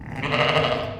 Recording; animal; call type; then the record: contact call of a hoofed animal; sheep; low-frequency (closed-mouth) or high-frequency (open-mouth) call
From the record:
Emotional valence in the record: negative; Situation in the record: short social isolation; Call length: 1.00 s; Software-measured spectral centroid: 1880 Hz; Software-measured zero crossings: 2060 a second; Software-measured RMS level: -23 dBFS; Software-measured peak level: -6 dBFS